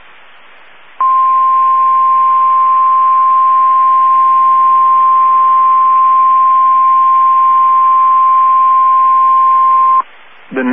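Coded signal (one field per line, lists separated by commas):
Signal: Emergency Alert System (SAME) tones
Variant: 1050 Hz attention tone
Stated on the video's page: Alerts received from NOAA Weather Radio transmitters in Amarillo, Texas and Miami, Florida.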